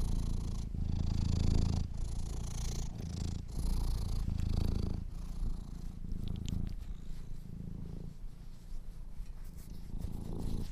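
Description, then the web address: Domestic cat purring in a low continuous rumble that swells and fades, with faint higher rustles. Kittens purring. "sleepandrelaxasmr. The Purring Kittens"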